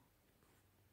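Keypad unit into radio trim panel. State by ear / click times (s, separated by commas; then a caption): not seated / none. A button keypad unit is being refitted into the plastic radio trim panel of a Vito 447 during work to remove a rattle. Only quiet, steady handling noise is heard, with no sharp transient. Nothing has seated or clicked yet.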